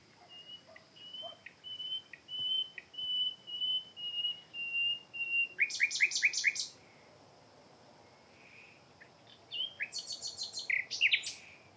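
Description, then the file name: Common nightingale song opening with a series of repeated whistled notes that slowly fall in pitch, then a loud stuttering rattle, a pause, and another burst of harsh trilled notes. "Luscinia megarhynchos"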